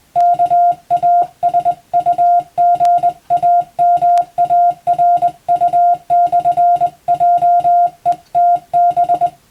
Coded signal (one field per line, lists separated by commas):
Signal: Morse code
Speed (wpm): 21 wpm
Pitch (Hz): 700 Hz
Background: music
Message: KASUGAMARU/JETB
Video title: 【Radio operator morse practice】This is a Morse code practice video. There is a morse exam in japan.